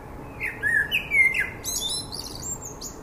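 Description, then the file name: Common blackbird song phrase of a few rich, fluty notes, ending in a scratchy high-pitched twitter. "Turdus merula"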